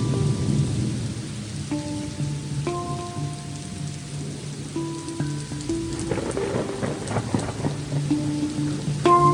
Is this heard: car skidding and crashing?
no